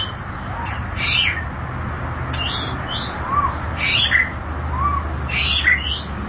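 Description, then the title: White-rumped shama song in separate bursts of chattering, slurred notes with a few clear whistles, spaced by short pauses over low hum. "Kicau Murai Batu"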